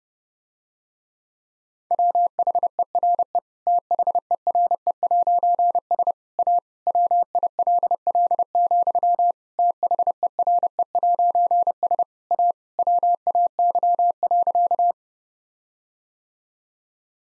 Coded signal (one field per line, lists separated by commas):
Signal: Morse code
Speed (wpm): 30 wpm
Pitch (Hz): 700 Hz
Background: none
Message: WHERE THERE'S A WILL, THERE'S A WAY.